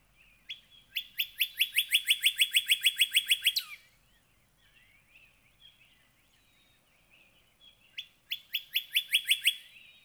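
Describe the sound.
Northern cardinal song: quick string of many identical clipped notes, a downward slur at the end, faint twittering of other birds, then a shorter repeat.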